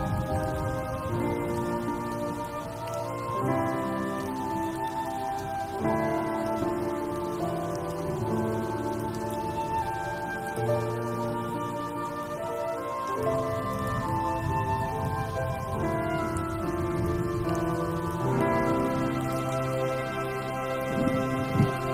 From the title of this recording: original sound tracks with rain